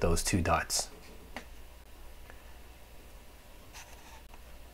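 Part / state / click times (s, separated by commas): monitor light bar onto its hanging clip / not seated / none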